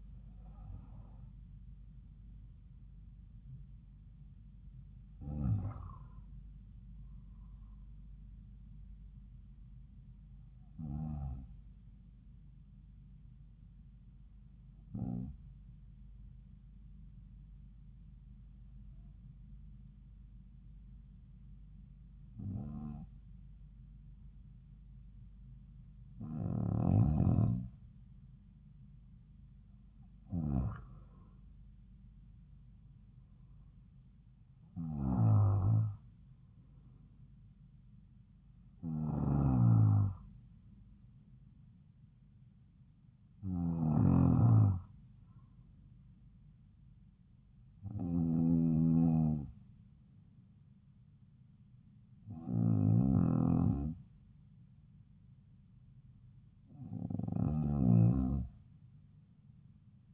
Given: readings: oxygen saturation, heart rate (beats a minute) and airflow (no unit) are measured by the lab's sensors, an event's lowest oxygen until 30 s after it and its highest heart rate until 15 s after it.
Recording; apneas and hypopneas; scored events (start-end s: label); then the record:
breathing in sleep by a smartphone at the bedside; 1
10.00-30.70 s: hypopnea (N2, oxygen 96% highest, then 93% lowest)
From the record:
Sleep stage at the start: N2 (light sleep); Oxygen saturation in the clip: 84 to 96%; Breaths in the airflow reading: 14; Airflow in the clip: -4.3 to 5.1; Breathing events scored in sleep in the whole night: 270 in 6.1 hours asleep